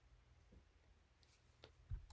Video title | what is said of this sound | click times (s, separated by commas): Motor Speed Indicator Demo | line right here you'll just place it in and you'll push it until it clicks in | 1.2 s, 1.6 s, 2.1 s